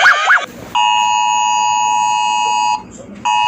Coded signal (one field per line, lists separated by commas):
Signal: Emergency Alert System (SAME) tones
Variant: 853 and 960 Hz attention tone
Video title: rating eas alarms